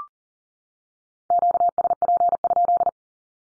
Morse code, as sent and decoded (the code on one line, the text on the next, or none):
--.- ... .--. ..--..
QSP?